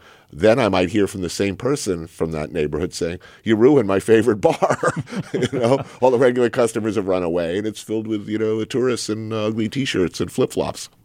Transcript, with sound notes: And then I might hear from the same person from that neighborhood say, you ruined my favorite bar, (laughter) you know? All the regular customers have run away and it's filled with, you know, tourists in ugly T-shirts and flip-flops.